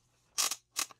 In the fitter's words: hear that ratcheting